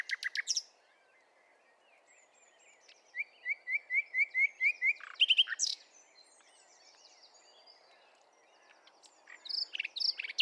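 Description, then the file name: Common nightingale song: a sharp opening flourish, then a run of about eight clipped notes, a loud burst, and fainter twittering. "Luscinia megarhynchos"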